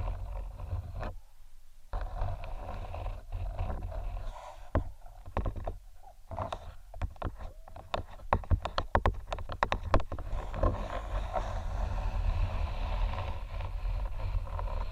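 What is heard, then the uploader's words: Head mic triggers: a low, steady rumble runs underneath while bursts of scratching and rubbing come and go. Between about 7 and 10 seconds, rapid sharp taps and clicks cluster densely, then give way to a softer, continuous rustling through the final seconds. ASMR Unique Head Mic Triggers（No Talking）.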